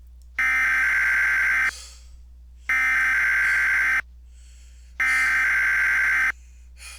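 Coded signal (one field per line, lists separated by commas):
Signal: Emergency Alert System (SAME) tones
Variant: header bursts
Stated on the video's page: Mock (fictional) EAS alert.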